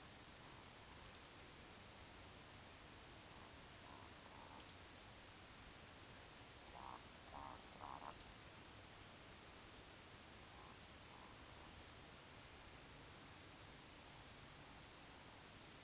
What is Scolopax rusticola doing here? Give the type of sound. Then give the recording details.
whistle, croak. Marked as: croak, whistle, croak, whistle, croak, croak, whistle, whistle, croak, whistle, croak, whistle, croak, whistle, croak, whistle. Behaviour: display flight. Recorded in Baden-Württemberg, Germany, on 19 June 2020 at 20:04 UTC. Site 49006, 684 m above sea level